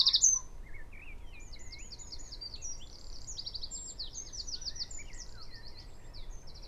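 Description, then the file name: Wren song, a soft running string of high trills and chips after a brief louder note, heard over steady low background noise. "Troglodytes troglodytes"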